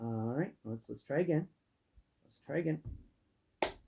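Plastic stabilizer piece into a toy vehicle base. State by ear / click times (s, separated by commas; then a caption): seated / 3.6 s. Someone talks before making a second attempt at clicking a plastic stabilizer piece into a toy vehicle's plastic base, after the first try did not take. A sharp, satisfying snap is heard at 3.6 s as the piece seats and locks into place.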